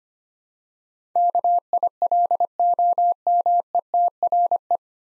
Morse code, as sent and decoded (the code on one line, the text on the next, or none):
-.- .. .-.. --- -- . - .-. .
KILOMETRE